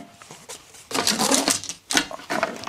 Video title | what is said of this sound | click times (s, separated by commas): ECOFLOW WAVE 2 CLIMATISEUR REVERSIBLE PORTATIF AUTONOME 🥶❄️🔥 | Hop, ça s'enclenche super bien, voilà. | 1.9 s